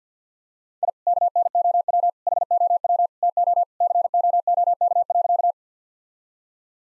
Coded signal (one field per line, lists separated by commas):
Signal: Morse code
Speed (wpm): 50 wpm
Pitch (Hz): 700 Hz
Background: none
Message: I KNOW HOW TO COOK.